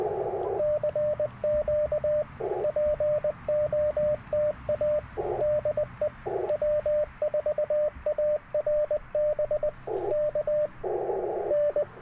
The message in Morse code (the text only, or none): CQ POTA DE W4ARB K N